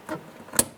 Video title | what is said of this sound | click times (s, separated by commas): How to Replace Fuel Pump Assembly 1999-2004 Jeep Grand Cherokee | you push it back in it snaps into place so we're locked on | 0.6 s